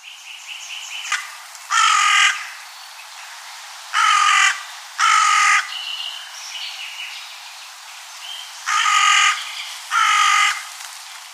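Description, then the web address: Carrion crow giving five rasping caws, a single one then two pairs, with short whistles of other birds in the gaps. "Oiseaux oiseau Corneille"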